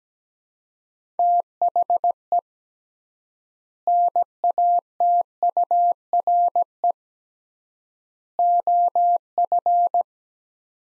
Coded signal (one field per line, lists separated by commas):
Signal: Morse code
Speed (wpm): 17 wpm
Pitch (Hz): 700 Hz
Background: none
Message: THE NATURE OF